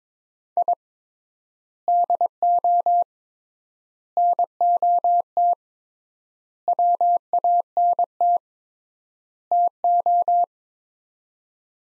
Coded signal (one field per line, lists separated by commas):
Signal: Morse code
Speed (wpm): 22 wpm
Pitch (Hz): 700 Hz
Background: none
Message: I DO NOT WANT TO